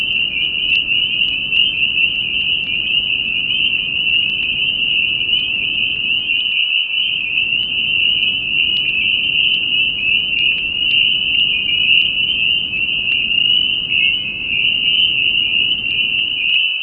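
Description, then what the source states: Spring peeper chorus, a continuous high-pitched shrill drone built from many overlapping peeps, unbroken and even in loudness from start to finish. Recorded in New Paltz.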